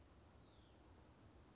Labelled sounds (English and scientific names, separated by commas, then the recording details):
Hutton's Vireo (Vireo huttoni)
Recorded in Sonoma County, California